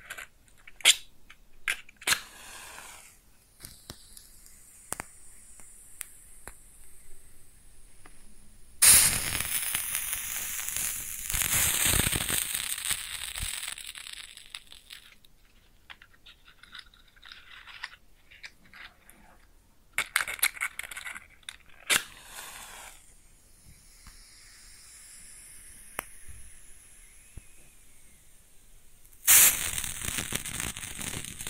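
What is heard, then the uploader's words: A match is struck close up with sharp bursts near 9, 20 and 29 seconds, each flaring into crackling and sizzling that fades between strikes. ASMR Close Up Matching LightingExtinguishing Fire Crackles & Sizzles (No Talking).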